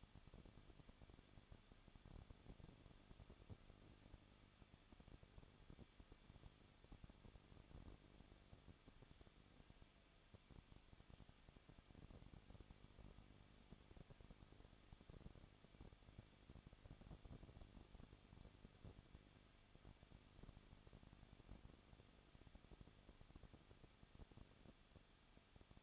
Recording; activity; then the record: daily activity, microphone in the room; no activity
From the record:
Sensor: 4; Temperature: 23.1 degrees Celsius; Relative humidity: 34.2%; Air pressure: 1007.2 hPa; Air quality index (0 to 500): 217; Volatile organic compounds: 15 ppm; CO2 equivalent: 2507 ppm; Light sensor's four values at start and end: 2/3/1/1 and 2/3/1/1